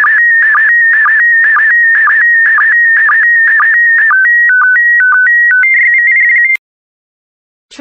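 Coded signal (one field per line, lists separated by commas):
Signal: SSTV (slow-scan television)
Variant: PD120 mode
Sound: warbling image tone with regular short low blips, then a run of stepped beeping tones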